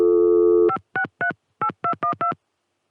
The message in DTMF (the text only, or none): 5638212